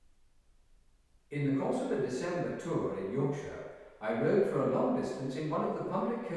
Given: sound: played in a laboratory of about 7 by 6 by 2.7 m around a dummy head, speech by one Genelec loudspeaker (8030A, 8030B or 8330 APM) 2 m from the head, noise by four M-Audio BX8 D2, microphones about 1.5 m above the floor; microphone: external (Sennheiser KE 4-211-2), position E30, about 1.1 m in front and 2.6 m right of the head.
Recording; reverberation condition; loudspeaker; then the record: male speech in English; high; 90 degrees to the left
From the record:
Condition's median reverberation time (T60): about 1300 ms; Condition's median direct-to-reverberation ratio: about -4.0 dB